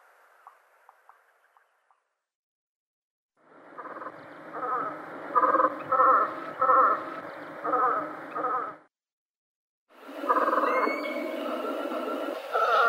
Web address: Uzbek hayvonlar. Melanitta fusca